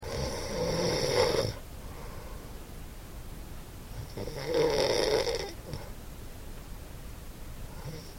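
Two loud, rattling snores about four seconds apart, separated by quiet gaps with no breath; an adult sleeper snoring with breathing pauses, as in sleep apnoea.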